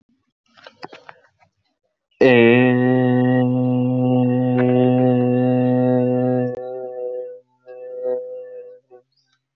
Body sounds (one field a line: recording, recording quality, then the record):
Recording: sustained vowel as in made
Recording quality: moderate, slight background noise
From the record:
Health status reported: healthy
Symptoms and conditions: none ticked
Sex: male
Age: 25 years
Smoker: not ticked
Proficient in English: yes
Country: India